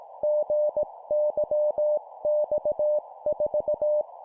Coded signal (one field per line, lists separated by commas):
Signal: Morse code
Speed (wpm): 18 wpm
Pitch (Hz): 600 Hz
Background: none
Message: GYX4